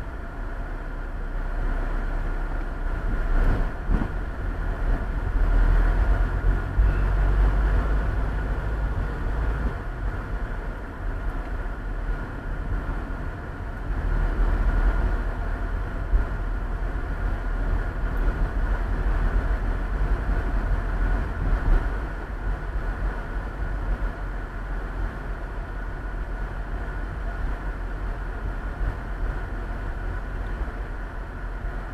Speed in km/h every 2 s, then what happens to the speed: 20, 20, 23, 28, 32, 31, 31, 33, 33, 34, 34, 33, 32, 29, 22, 14.
3-8 speeds up to 32. 8-21 steady at about 33. 21-32 slows to 14.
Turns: none.